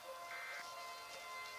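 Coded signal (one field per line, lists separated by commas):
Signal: Emergency Alert System (SAME) tones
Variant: end-of-message bursts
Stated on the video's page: Fictional SCP-themed alert styled as a 1997 VHS recording from a Dallas County, Texas encoder, with degraded quality and tornado siren ambiance.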